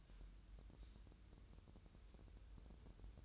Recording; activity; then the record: daily activity, microphone in the room; take from stove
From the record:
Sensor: 2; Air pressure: 988.1 hPa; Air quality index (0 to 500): 191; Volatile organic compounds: 184 ppm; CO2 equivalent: 4159 ppm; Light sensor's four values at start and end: 21/70/27/26 and 21/70/27/26